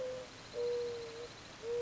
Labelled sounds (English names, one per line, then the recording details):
Mourning Dove
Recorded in Sonoma County, California